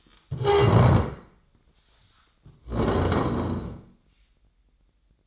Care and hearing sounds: daily activity, microphone in the room; stand up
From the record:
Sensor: 3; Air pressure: 1012.3 hPa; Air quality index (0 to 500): 172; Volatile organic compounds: 3 ppm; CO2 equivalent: 1324 ppm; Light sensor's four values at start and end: 94/236/103/133 and 52/136/59/62

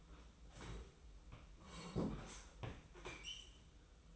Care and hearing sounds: daily activity, microphone in the room; sit down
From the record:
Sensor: 1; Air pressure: 990.6 hPa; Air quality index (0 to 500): 155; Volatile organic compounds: 1000 ppm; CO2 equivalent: 5636 ppm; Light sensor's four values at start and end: 25/59/25/27 and 26/60/25/28

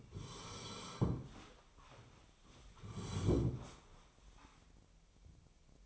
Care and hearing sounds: daily activity, microphone in the room; sit down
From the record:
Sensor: 1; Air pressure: 1015.2 hPa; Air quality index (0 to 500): 194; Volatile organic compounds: 21 ppm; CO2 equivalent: 2717 ppm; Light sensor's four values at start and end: 12/30/12/13 and 12/29/12/13

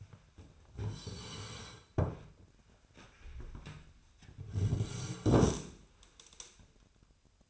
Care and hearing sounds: daily activity, microphone in the room; sit down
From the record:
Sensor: 2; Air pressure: 1007.6 hPa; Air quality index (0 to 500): 180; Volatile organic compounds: 10 ppm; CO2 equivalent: 2210 ppm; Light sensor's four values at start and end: 9/23/9/10 and 9/23/9/10

